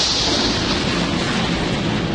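A loud, sustained crash of thunder, a dense roar of low rumble and bright crackling hiss that holds steady for about two seconds with no voices.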